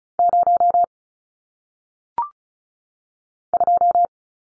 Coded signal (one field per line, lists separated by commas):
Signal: Morse code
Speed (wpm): 36 wpm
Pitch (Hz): 700 Hz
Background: none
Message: 0 2